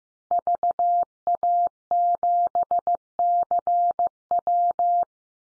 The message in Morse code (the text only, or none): VA7CW